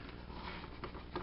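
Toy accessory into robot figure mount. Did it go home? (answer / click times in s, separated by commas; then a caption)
no / none. A plastic accessory part of a ZordBuilder System Samurai Megazord robot toy is pressed into its mount on the figure, where it rests only by light friction. Soft handling taps are heard around 0.8 and 1.2 seconds, but nothing has snapped or clicked into place.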